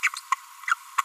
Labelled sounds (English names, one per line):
Green-rumped Parrotlet babbling